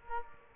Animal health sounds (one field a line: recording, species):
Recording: mosquito wingbeat signal from an infrared sensor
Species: Culex quinquefasciatus